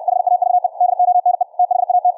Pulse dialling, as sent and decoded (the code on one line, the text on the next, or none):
none